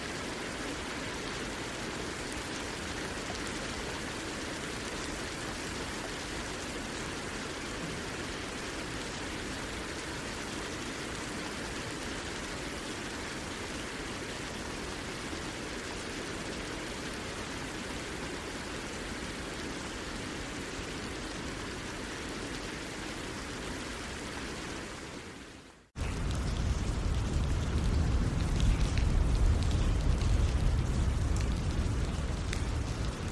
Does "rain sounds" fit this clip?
yes